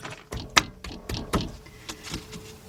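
A steel drum-brake return spring on the right rear brake of a 2002 Mercury Sable LS is pulled over with needle-nose pliers and hooked onto the brake shoe. A sharp metallic snap at 0.6 s marks the spring locking into place, followed by quieter metallic taps and scrapes. The spring is seated.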